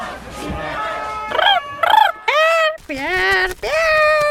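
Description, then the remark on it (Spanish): A parrot squawks in a string of about five loud, harsh calls, each a bending screech that rises and falls, the later ones longer and more drawn out. “Ay, perdón por el loro, es un poco insoportable.”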